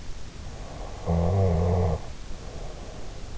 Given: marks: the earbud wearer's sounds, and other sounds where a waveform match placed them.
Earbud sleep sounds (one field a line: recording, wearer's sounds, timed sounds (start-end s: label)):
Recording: sounds in sleep by an in-ear microphone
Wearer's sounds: snoring breath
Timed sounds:
0.80-3.29 s: snoring breath